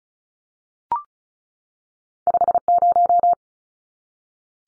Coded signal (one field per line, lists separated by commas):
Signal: Morse code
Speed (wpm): 34 wpm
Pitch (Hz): 700 Hz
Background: none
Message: 50